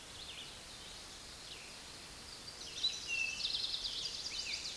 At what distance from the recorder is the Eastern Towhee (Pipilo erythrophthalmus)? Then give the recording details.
about 35 m. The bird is about 5 m above the microphone. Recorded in a Pennsylvania forest on 16 May 2024 at 06:14. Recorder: AudioMoth, point MSD-2287. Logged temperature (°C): 11.2 °C. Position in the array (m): 109 m, 6 m